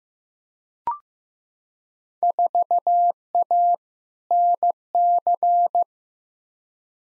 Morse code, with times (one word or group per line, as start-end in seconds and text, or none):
2.2-3.7 4A
4.3-5.8 NC